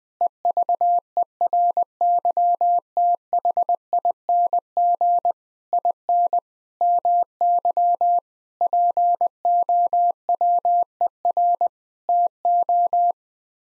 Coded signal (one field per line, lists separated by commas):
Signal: Morse code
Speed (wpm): 20 wpm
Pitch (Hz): 700 Hz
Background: none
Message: EVERYTHING IN MY POWER TO